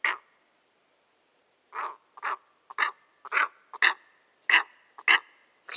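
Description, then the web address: Steppe eagle giving harsh, hoarse barking calls: one note, a pause, then a steady series of about eight rough barks, some doubled, against a silent background. "Schulze Peter Steppe Eagle"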